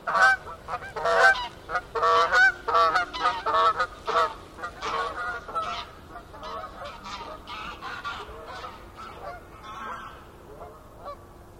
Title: Gaggles of geese, River Thame, England, UK on 23rd September 2023